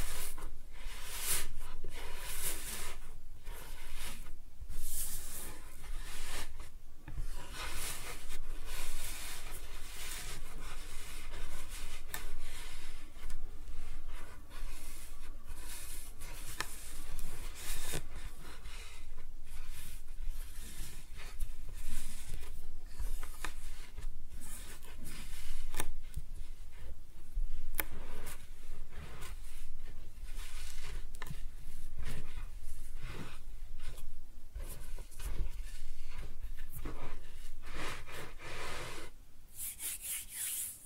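Kinetic sand being cut and scooped, a dense run of soft gritty crunches and sliding scrapes that carries on steadily for the whole stretch. Sharper crisp strokes stand out every second or two, and the level dips slightly near the end.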